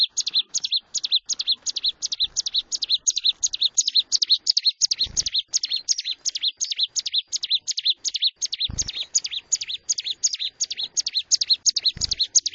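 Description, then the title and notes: Bar-winged prinia singing a fast, even series of high, bright chip notes, about three each second. A few low thumps break in. A collection of ciblek sounds from singing birds described as gacor (vigorous, persistent singers) and from young birds. "Kicau Ciblek. putri sherin. kumpulan suara burung ciblek gacor dan anakan"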